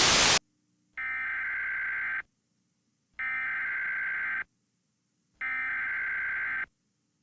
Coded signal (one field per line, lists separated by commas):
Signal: Emergency Alert System (SAME) tones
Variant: header bursts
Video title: EAS TORNADO SCENERIO